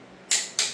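A click-type torque wrench tightens a cylinder head bolt during engine assembly for an LS swap in a 1986 Cutlass. The bolt is being redone until it reaches 75 ft-lb. After a quiet start, two sharp, bright clicks ring out at 0.3 s and 0.6 s, each fading quickly, confirming the wrench has clicked at 75 ft-lb.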